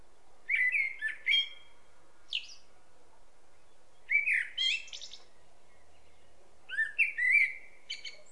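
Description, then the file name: Common blackbird song: several mellow whistled phrases mixed with thin high twittering notes, arriving in bursts with short pauses between them, faint background hiss. "Turdus merula"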